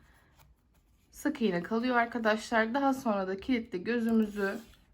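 A 10 mm plastic safety eye's backing washer is being handled for pressing onto the eye post through a crocheted amigurumi toy head, while someone talks through most of the clip. Nothing has seated or clicked yet; the clip ends before the washer goes home.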